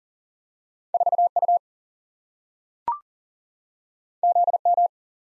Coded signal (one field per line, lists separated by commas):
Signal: Morse code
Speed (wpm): 40 wpm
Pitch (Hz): 700 Hz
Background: none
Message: 4U ZM